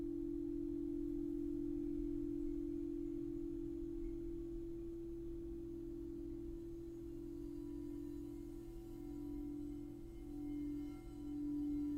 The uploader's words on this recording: I was guided to record 7 crystal singing bowl clips.